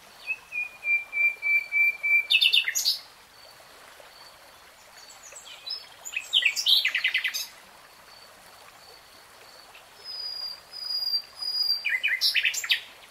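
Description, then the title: Nightingale song: a long pure whistle breaking into rapid repeated notes, then after a pause more fast churring trills and further phrases. Singing; from a 3-hour real-time recording. "[Tiếng chim hót] 3 Hours REALTIME Nightingale Singing"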